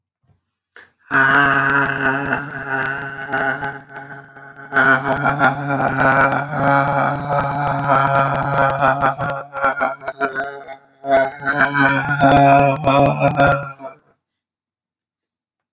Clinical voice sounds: vowel held as long as possible; male; 30 to 39 years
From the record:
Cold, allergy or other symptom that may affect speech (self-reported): no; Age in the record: 35 years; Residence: Virginia, United States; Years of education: 18

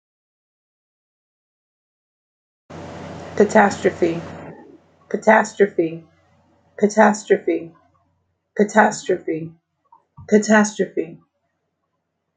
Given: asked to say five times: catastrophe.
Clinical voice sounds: repeated word; female; 40 to 49 years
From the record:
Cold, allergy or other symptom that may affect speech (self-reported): no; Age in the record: 40 years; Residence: Florida, United States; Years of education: 16

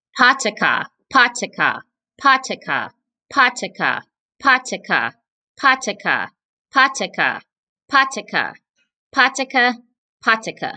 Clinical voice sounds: repeated syllables /pa ta ka/; female; 40 to 49 years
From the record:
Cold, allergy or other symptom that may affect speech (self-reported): no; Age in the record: 44 years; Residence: Georgia, United States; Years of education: 16

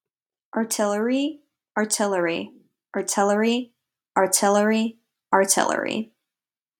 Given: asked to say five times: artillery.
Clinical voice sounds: repeated word; female; 20 to 29 years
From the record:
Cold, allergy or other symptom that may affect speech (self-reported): no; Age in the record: 22 years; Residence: Pennsylvania, United States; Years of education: 17

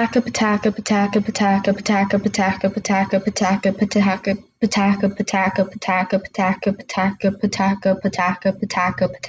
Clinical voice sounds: repeated syllables /pa ta ka/; female; 18 to 19 years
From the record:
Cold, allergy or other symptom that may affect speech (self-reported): no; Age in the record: 19 years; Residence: Kentucky, United States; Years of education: 13

